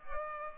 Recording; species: mosquito wingbeat signal from an infrared sensor; Culex pipiens